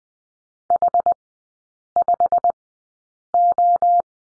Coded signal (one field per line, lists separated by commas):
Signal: Morse code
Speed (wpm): 20 wpm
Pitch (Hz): 700 Hz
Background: none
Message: H5O